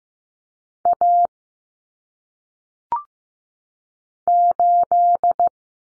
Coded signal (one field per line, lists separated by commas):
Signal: Morse code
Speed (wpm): 15 wpm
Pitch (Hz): 700 Hz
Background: none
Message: A 8